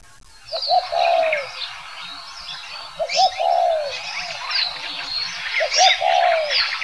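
Spotted dove cooing: short paired notes followed by a longer drawn-out coo, repeated roughly every two and a half seconds, over a busy chorus of chirping and twittering birds.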